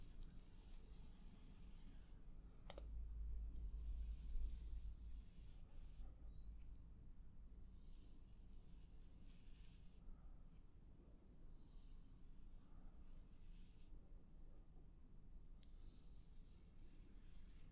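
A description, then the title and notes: Soft brushing strokes sweep in repeated hissing bursts, about one every two seconds, over a steady low rumble. A single sharp tap lands near the three-second mark, and a brief thump follows just after it. 10 Tingly Triggers For Sleep Face Brushing, Tapping, Crinkling etc.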